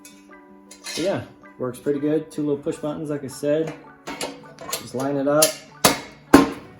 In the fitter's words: Clicks in place, solid, good to go.